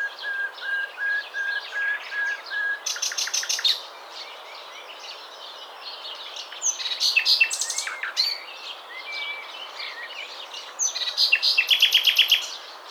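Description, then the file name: Common nightingale song opening with a row of soft, level whistled notes, then a dense rapid trill, scratchy twittering, a pure whistle and a final rattling burst of repeated notes. "Luscinia megarhynchos"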